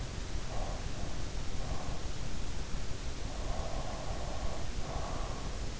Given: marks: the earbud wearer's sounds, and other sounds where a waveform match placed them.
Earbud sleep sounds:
sounds in sleep by an in-ear microphone; breath
0.26-2.28 s: breath
3.28-5.56 s: breath

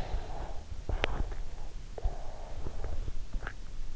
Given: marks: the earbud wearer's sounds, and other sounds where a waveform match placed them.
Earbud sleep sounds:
sounds in sleep by an in-ear microphone; swallowing
0.00-3.70 s: sound from someone else or the room
0.58-1.56 s: swallowing
3.03-3.96 s: swallowing

